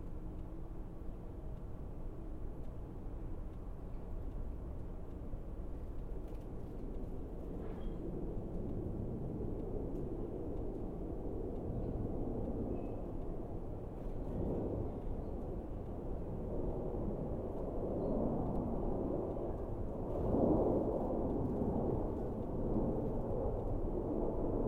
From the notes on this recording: several birds, the neighbor’s dog, the ever-present sounds of trains, planes and/or automobiles, beeping (why is there so much beeping), a light wind